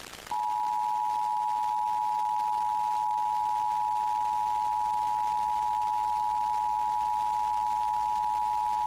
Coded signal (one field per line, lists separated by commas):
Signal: Emergency Alert System (SAME) tones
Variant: 853 and 960 Hz attention tone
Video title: Pennsylvania Required Monthly Tests [plus a TV fail] (6/16/22)(EAS 1188-1189)